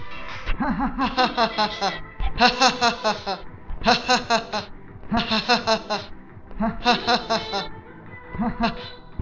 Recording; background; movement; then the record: laughter; music; sitting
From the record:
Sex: male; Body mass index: 20.6 kg/m2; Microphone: on the chest, facing the body